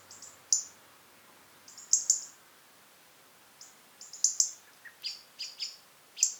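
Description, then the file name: European robin calling with sharp, very high thin notes and short clusters, spaced irregularly with quiet gaps, against a still background. "Erithacus rubecula"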